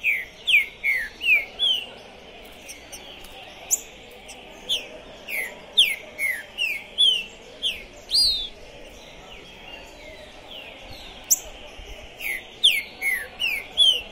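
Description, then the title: Green-winged saltator song: repeated bursts of quick, slurred downward whistles, phrase after phrase with brief gaps between. Captive trinca-ferro singing and calling to warm up for a singing contest, at the tournament entrance; 2021. "ESQUENTAR Seu TRINCA Piando, Cantando E Macheando Na DISPUTA. TRINCA FERRO PORTA do TORNEIO Trinca Ferro Pistoleiro 2021"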